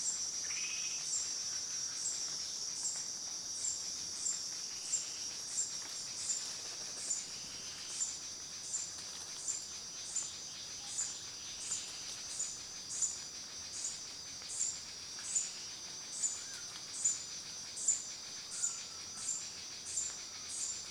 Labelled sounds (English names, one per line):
Red-headed Bluebill